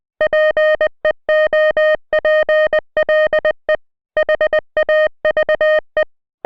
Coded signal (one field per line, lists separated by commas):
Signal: Morse code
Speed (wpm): 20 wpm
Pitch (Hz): 1850 Hz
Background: music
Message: PEOPLE HAVE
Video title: [500 Subscriber Special] I Translated a Whole Zoophobia Page Into Morse Code